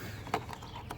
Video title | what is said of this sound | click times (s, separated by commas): How to: 2016+ Malibu Enlight SolarFlare LED Headlight Install | turn it a roughly 90 degrees until it locks in place and that completes the driver's side | 0.3 s